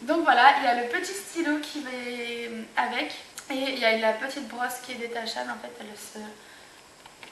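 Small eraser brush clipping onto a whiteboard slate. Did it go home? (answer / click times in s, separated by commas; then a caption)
yes / 7.1 s, 7.2 s. A woman talks over most of the clip while a small detachable eraser brush is clipped back onto a plastic whiteboard slate. Two faint ticks are heard at 7.1 s and 7.2 s as the brush clips into place and is seated.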